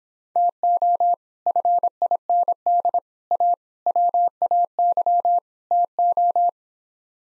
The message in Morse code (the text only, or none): TO FIND A WAY TO